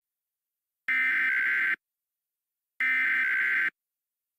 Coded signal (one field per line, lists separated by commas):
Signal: Emergency Alert System (SAME) tones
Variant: header bursts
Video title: EAS Scenario: World War 3 (Video Preview)